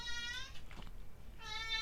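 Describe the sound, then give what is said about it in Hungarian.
Obika the cat meows twice in the background, two drawn-out, whiny, high-pitched calls with a quieter gap between them, with no talking, while its owner builds Lego instead of attending to it. “Közben Obikát hallhatjátok, ahogy problémázik a háttérben.”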